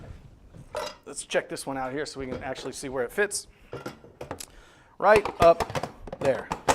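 The removable nut/ingredient dispenser of a bread machine is handled and brought up toward its place in the underside of the lid while someone talks, with a few short knocks and clatters of handling. Nothing has seated or clicked yet; the clip ends just before the dispenser goes home.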